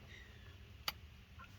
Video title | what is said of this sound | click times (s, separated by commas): changing spark plugs 1986 Dodge Ramcharger | I don't know if the camera picked that up, but there was a little small audible snap | 0.9 s